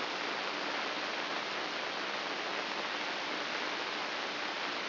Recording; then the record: brain microelectrode recording played as sound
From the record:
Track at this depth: inside the subthalamic nucleus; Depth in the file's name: 6.416 mm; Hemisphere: left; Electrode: 2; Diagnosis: Parkinson's disease